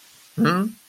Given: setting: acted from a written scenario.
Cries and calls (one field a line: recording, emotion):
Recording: vocal sound without words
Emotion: neutral